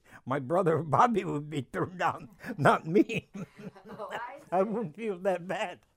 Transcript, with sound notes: My brother Bobby would be turned down, not me. (laughing)
Oh, I see. (laughing)
I wouldn't feel that bad.